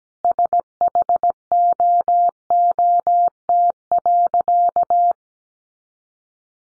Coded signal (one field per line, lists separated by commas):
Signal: Morse code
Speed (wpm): 17 wpm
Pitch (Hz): 700 Hz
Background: none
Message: SHOOT.